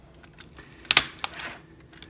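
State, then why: Seated. Two plastic tabs on the underside of the upper body of a Transformers Cyberverse Ultimate Class Optimus Prime action figure are pushed into its lower half during transformation. A loud, sharp click at 0.9 s, followed by a brief rattle, marks the tabs snapping in and seating, with smaller clicks at about 1.2 s and 2.0 s.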